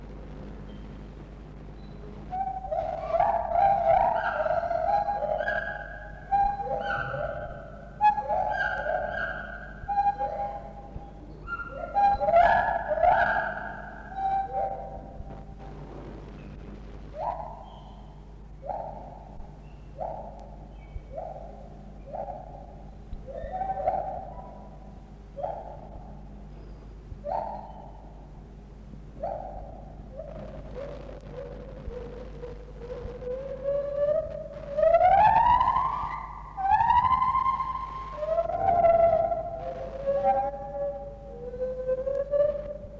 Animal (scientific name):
Hylobates lar